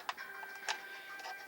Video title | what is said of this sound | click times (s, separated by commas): Buzz Bee Air Warriors Ultra Tek Sentinel Jam Door Mod | it just simply snaps back on | 0.1 s